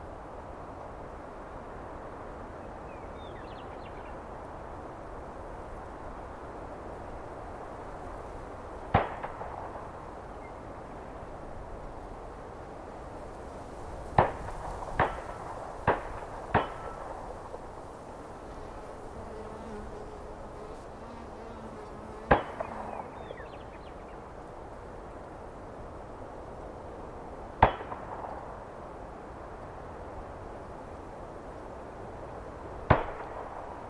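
A steady, soft rush of wind through trees fills the whole recording. Sharp clicks or snaps break through now and then, singly or in quick bursts around the middle, while faint bird chirps come and go.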